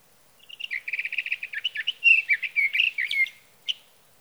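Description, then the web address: Sage thrasher song begins with a fast chattering series of short notes, then runs into sweet warbled phrases, ending with a single sharp note. "birdsongforthecurious Sage Thrasher"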